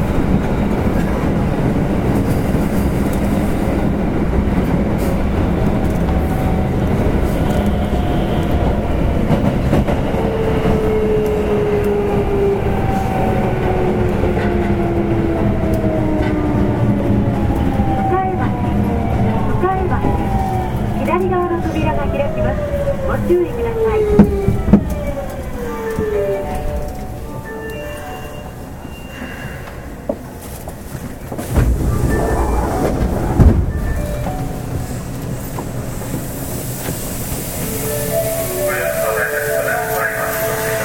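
A subway train runs with a steady low rumble while motor whine glides downward as it slows, then brief clanks and a quieter idle near the end.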